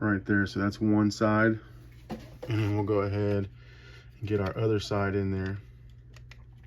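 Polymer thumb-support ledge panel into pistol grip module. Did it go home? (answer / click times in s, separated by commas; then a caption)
yes / 6.2 s, 6.3 s. Someone talks, then presses the second side of a polymer thumb-support ledge panel into the grip-module recess of a compact pistol (P365 XMacro Comp). Sharp snaps at 6.2 and 6.3 seconds mark the panel seating snugly into place.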